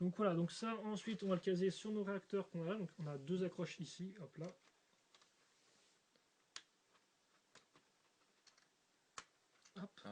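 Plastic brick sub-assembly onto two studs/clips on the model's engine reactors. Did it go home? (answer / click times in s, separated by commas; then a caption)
yes / 6.6 s, 9.2 s. Someone talks, then a built plastic LEGO brick sub-assembly is pressed onto the two attachment points on the reactors of a Legends of Chima Razar's CHI Raider model. Sharp clicks sound at 6.6 s and 9.2 s among quieter small taps, and the sub-assembly is seated.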